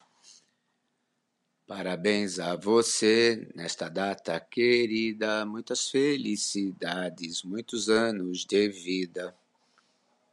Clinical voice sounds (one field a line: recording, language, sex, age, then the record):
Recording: short text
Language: Brazilian Portuguese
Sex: male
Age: 60 to 69 years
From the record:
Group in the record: control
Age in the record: 61 years